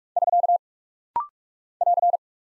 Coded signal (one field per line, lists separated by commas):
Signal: Morse code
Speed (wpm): 43 wpm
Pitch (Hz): 700 Hz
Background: none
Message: <SK> <AR>